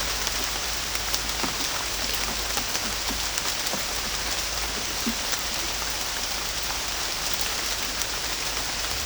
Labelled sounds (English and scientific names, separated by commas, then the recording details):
none
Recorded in dense forest near Puerto Asís, Putumayo, Colombia, on 21 December 2024 at 11:00
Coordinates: 0.481, -76.323
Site G100